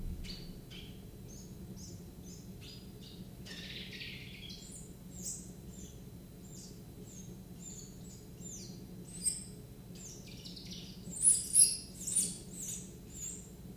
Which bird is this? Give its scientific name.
Phylloscopus trochilus